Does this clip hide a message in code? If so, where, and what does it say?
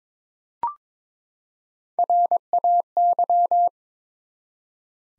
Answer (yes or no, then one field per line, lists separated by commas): yes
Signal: Morse code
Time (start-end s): 2.0-3.7 s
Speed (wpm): 21 wpm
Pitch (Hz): 700 Hz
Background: none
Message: RAY